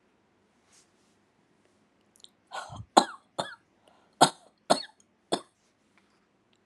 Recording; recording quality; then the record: heavy voluntary cough; excellent, no background noise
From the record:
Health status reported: healthy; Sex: female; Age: 70 years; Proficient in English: yes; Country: India